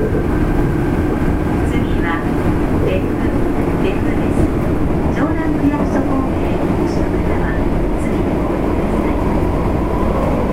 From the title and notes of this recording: 福岡市営地下鉄 3000系 七隈線 橋本から天神南まで. 福岡市交通局 3000系電車の走行音です。 七隈線で収録しました。 Running sound of Fukuoka city subway 3000 series train.